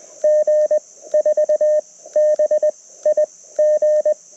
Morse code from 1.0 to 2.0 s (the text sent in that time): 4